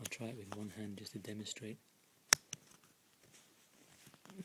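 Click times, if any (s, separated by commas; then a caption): 2.3 s. Someone talks, then the top part of a belt's hidden clip is pushed with one hand into its sewn fabric receiver. A sharp, loud snap at 2.3 s shows it seating in place, held by a tight, snug fit. Quieter clicks and talk follow.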